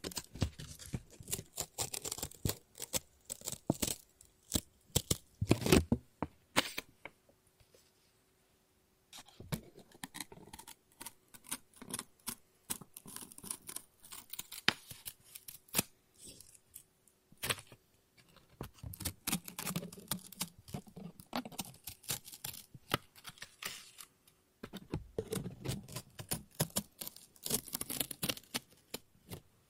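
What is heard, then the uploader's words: Scissors snip and cut through paper in quick, irregular bursts of sharp crisp clicks and rustles. Dense flurries of cutting alternate with short pauses, including a near-silent gap around seven to nine seconds. A faint steady hum sits underneath much of the clip. ASMR Scissors No Talking Snips and Cutting Paper.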